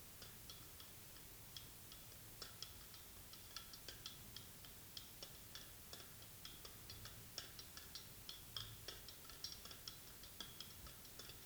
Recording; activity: daily activity, guitar pickup as the sensor; fry